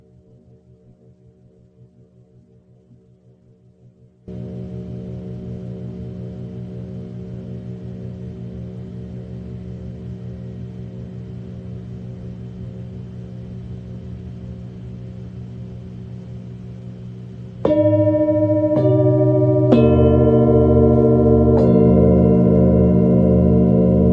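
A faint low hum swells into a steady, sustained drone near 4 seconds, then louder bright singing-bowl strikes ring out from about 18 seconds onward.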